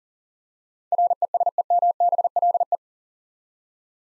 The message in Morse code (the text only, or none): RESEMBLE